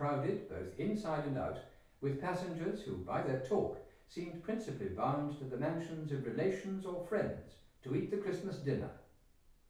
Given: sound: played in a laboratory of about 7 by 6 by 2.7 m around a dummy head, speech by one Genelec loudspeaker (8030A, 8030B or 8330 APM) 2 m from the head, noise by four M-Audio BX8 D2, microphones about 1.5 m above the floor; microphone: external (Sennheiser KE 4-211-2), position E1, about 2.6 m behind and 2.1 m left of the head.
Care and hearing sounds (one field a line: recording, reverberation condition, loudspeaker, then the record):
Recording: male speech in English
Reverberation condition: medium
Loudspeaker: 120 degrees to the right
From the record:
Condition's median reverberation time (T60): about 510 ms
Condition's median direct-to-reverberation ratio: about -0.5 dB